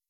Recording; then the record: hydrophone in a shrimp aquaculture tank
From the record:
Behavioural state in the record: weakened